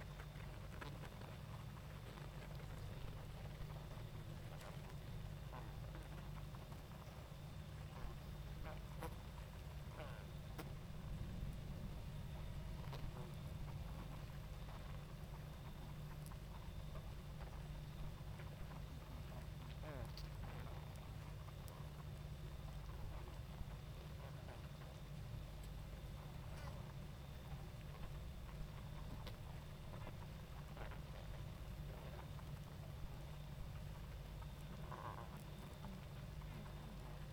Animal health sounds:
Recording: honeybee colony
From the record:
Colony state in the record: active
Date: 28 July 2017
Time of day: 20:02

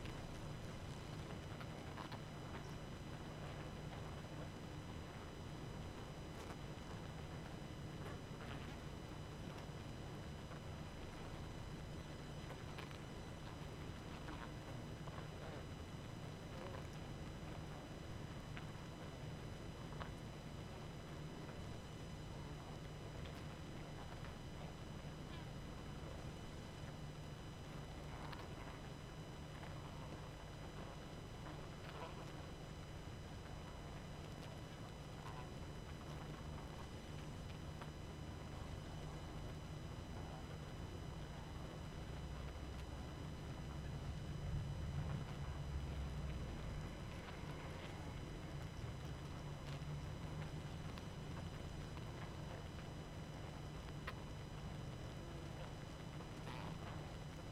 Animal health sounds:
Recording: honeybee colony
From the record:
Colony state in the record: active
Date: 12 June 2018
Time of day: 22:21

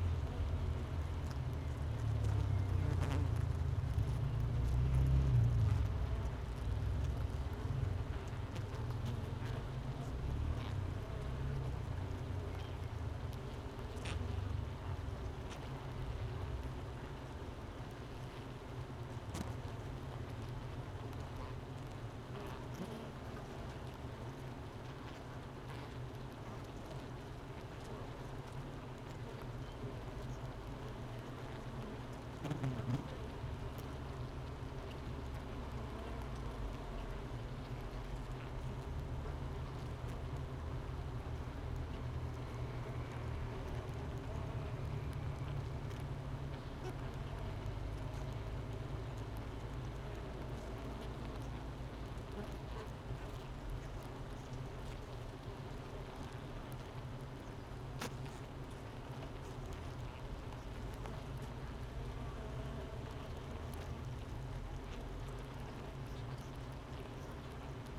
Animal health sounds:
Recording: honeybee colony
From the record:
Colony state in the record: missing queen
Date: 31 May 2018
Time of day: 9:31

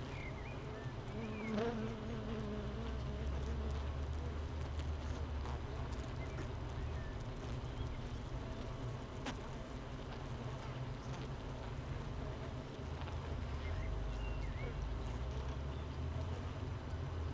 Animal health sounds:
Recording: honeybee colony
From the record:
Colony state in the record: missing queen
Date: 31 May 2018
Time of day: 8:06

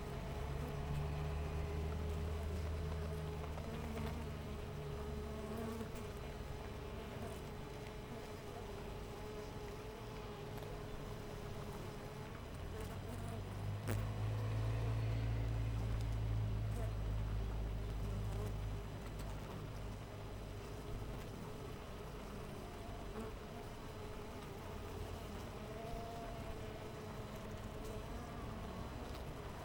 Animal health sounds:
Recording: honeybee colony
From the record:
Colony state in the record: missing queen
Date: 14 July 2017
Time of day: 5:44

